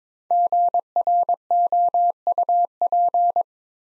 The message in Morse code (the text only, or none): GROUP